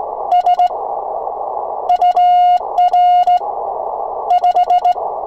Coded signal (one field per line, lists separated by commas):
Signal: Morse code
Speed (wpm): 18 wpm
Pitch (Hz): 720 Hz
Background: none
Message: S UR 5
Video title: SKCC - Triple Key Award - Sideswiper - QSO KD5RSS